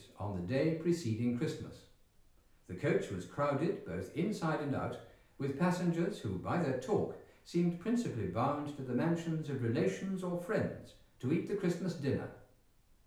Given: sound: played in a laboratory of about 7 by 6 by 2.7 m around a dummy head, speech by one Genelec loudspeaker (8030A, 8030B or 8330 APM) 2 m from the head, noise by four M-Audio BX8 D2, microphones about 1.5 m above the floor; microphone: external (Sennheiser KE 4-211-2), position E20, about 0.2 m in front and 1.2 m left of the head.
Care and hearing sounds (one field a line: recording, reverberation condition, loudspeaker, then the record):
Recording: male speech in English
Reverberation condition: medium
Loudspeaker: 60 degrees to the right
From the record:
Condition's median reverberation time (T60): about 510 ms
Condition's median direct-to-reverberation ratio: about -0.5 dB